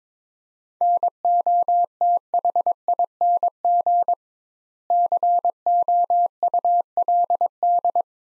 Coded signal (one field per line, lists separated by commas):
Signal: Morse code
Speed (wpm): 21 wpm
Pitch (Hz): 700 Hz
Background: none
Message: NOTHING COULD